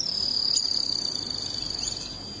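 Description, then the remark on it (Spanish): A thin, high-pitched canastero trill runs steadily through the whole stretch, a rapid buzzing pulse that holds an even pitch and volume, with no voices present. “El trino del canastero.”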